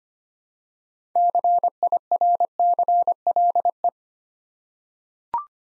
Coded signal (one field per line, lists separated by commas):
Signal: Morse code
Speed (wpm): 25 wpm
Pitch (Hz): 700 Hz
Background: none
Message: CIRCLE